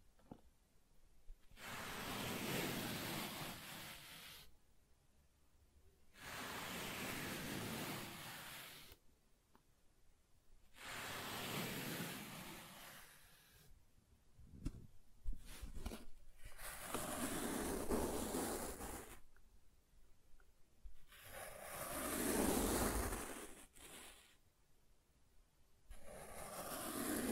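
Soft tracing strokes across smooth and rough surfaces, each a swelling hiss lasting two to four seconds, separated by short silences. About six strokes occur, some grainier and brighter, with a few small taps and scrapes between them around the middle.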